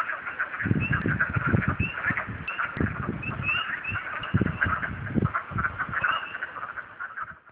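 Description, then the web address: Wood frogs calling in a chorus of overlapping, duck-like clucks and quacks, steady throughout, with low knocking bursts beneath. Several wood frogs calling at Huckleberry, Virginia, on 9 March 2014. "virginia water radio. Wood Frogs Huckleberry Mar 92014"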